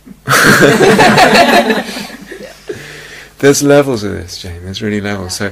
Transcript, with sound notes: blow. [laughter]
There are levels of this, Jane, there are really levels.